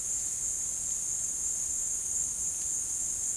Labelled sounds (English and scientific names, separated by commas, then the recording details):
none
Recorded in secondary vegetation near Puerto Asís, Putumayo, Colombia, on 18 February 2024 at 16:30
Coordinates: 0.468, -76.324
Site G6381